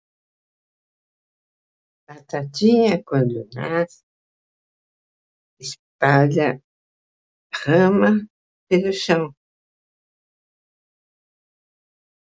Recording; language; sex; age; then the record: short text; Brazilian Portuguese; female; 80 to 89 years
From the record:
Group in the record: control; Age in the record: 86 years